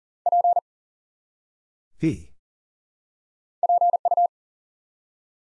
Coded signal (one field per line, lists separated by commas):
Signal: Morse code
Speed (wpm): 40 wpm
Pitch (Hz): 700 Hz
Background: none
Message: P PU